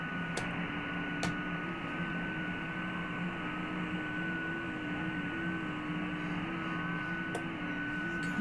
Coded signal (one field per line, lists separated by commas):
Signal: FT8